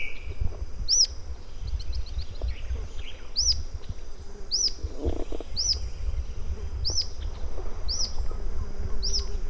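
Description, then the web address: Rough-legged tyrannulet: seven thin, high arched call notes at irregular gaps of one to three seconds, with soft twitters and low background noise. "Rough legged tyrannulet. صدای-پرنده-ژیانمرغک-پازبر"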